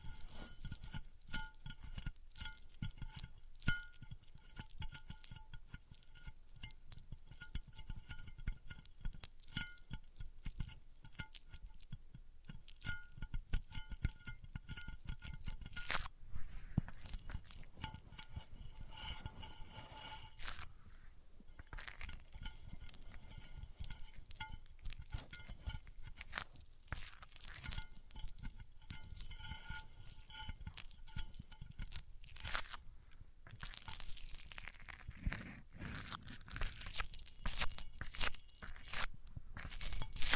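A microphone rubbed against different surfaces, making dense scratchy friction with constant thumps and rumble underneath. Bright glassy, clinking tones ring through much of it, fading briefly around 16 and 21 seconds, and a harsher hissing scrape takes over near the end.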